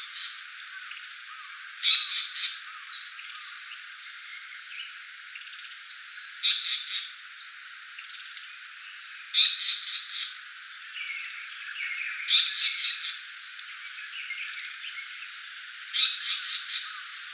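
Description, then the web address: Japanese paradise flycatcher song: short bursts of several clipped notes around mid-high pitch, each phrase opening with a sharp note and trailing off, repeated every three to five seconds. "birdenaga sankoutyou"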